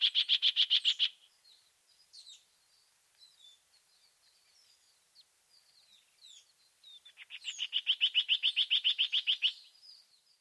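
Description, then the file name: Bird song: a rapid, even trill of high notes, then scattered soft chirps and squeaks, followed by a second long trill of quick repeated notes. "chant oiseau"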